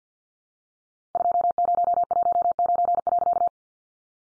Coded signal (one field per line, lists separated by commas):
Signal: Morse code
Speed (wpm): 50 wpm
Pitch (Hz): 700 Hz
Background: none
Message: 2019.